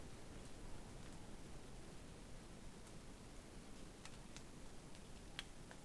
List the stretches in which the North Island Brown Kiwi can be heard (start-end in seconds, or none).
none